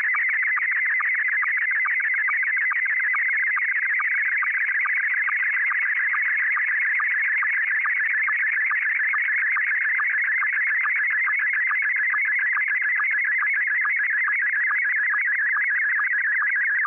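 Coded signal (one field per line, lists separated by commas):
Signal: SSTV (slow-scan television)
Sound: steady warbling, chirping tone with rapid regular low blips, continuous throughout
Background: tape hiss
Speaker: let's go ahead and get the tape started and we'll receive a picture here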